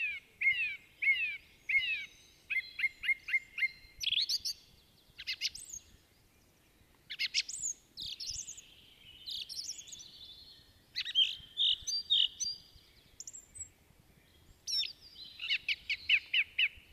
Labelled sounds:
Song Thrush song

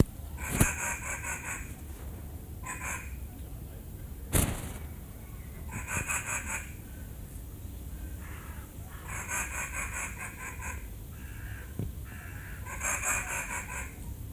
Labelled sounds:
Banded Mongoose

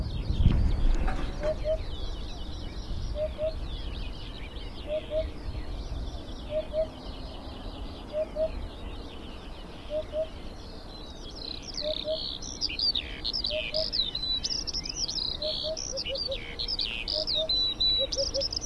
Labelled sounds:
Eurasian Hoopoe

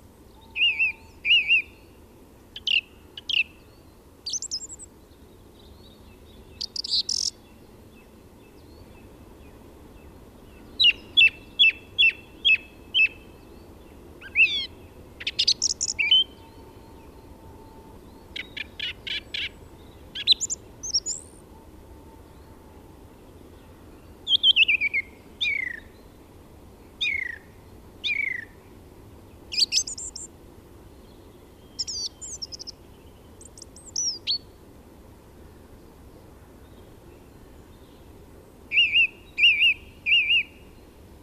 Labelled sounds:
Song Thrush song

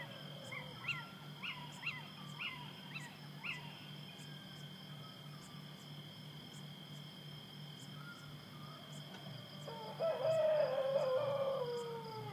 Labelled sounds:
Eurasian Scops Owl

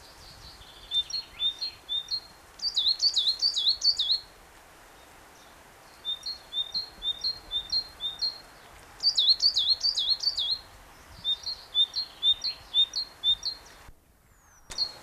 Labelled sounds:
Coal Tit song

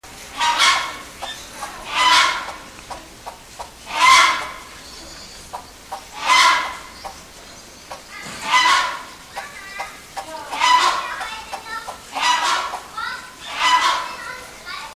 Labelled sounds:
Von Der Decken's Hornbill call

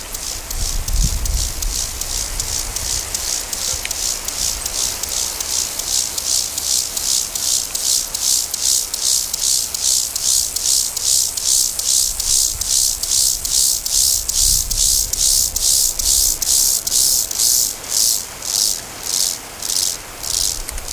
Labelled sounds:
Lesser Field Grasshopper stridulation

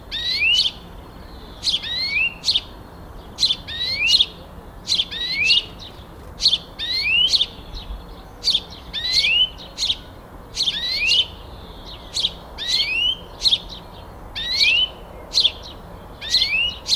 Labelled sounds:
European Greenfinch call

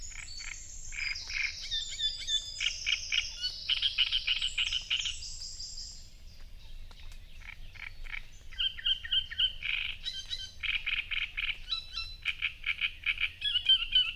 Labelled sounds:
Great Reed Warbler song

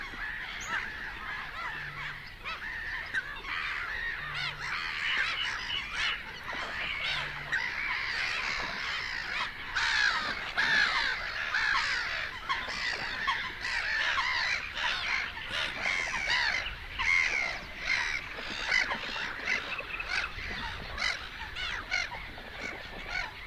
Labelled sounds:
Black-headed Gull call

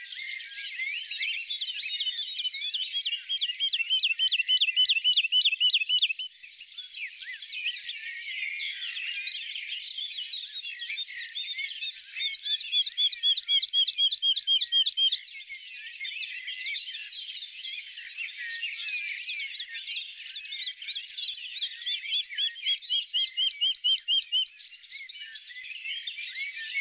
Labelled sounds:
Wood Lark song

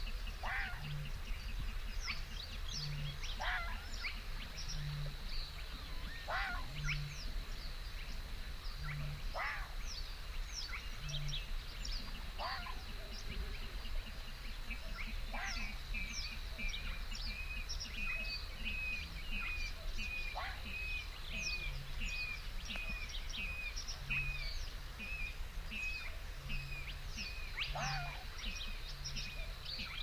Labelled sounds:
Red Fox

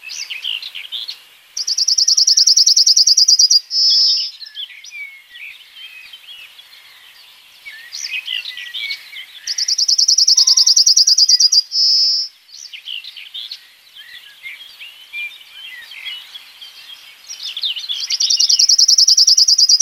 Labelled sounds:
Yellowhammer song

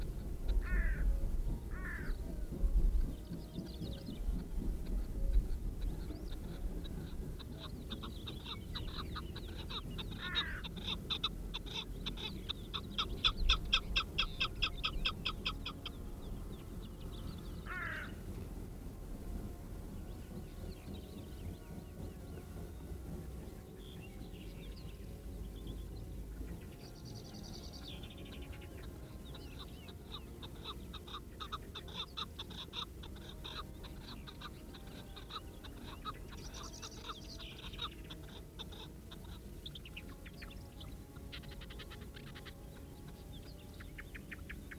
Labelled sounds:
Chukar call

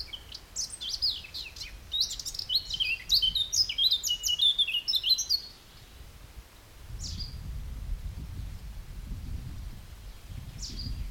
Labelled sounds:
Garden Warbler

